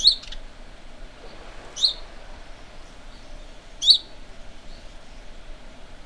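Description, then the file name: House sparrow chirping: three short, bright notes spaced about two seconds apart, with faint background hiss. "Passer domesticus"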